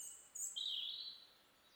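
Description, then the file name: European robin song, a short fragment of very high thin notes followed by a sweeping whistled note over light background hiss. "Erithacus rubecula"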